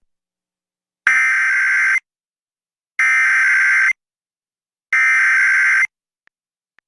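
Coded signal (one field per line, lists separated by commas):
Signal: Emergency Alert System (SAME) tones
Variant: header bursts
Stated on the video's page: County required monthly test relayed on KOGO-AM, originated via CAP.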